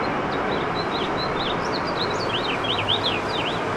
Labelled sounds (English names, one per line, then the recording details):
House Finch song
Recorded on Long Island, New York, on 21 June 2011
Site IT
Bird B